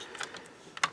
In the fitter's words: And these pop into place here.